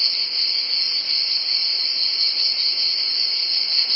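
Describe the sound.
Cicadas produce a sustained high buzz, with a slight dip in loudness early on and a brief extra chirp near the end.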